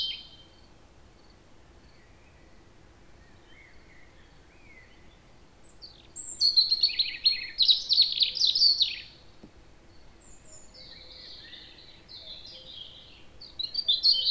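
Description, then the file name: European robin song: quiet at first, then a loud burst of high, tinkling, rapidly trilled notes, a pause, and further sweet, high phrases at the end. "Erithacus rubecula"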